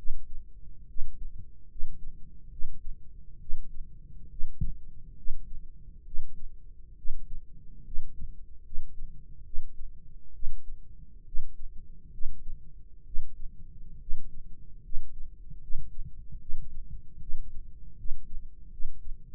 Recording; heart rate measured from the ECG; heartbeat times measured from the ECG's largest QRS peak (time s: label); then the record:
heart sounds by microphone in the right ear; 71 bpm
0.86 s: heartbeat
1.68 s: heartbeat
2.49 s: heartbeat
3.39 s: heartbeat
4.29 s: heartbeat
5.15 s: heartbeat
6.04 s: heartbeat
6.95 s: heartbeat
7.83 s: heartbeat
8.63 s: heartbeat
9.43 s: heartbeat
10.32 s: heartbeat
11.24 s: heartbeat
12.11 s: heartbeat
13.04 s: heartbeat
13.99 s: heartbeat
14.82 s: heartbeat
15.60 s: heartbeat
16.39 s: heartbeat
17.19 s: heartbeat
17.96 s: heartbeat
18.70 s: heartbeat
From the record:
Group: healthy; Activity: rest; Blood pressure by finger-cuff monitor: 160/91 mmHg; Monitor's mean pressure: 111 mmHg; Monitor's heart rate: 68 bpm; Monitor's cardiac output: 6.1 L/min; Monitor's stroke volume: 87 mL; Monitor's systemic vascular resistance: 1350 dyn s/cm5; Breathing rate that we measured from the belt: 18 breaths a minute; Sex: male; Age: 21 years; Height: 180 cm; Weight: 67.5 kg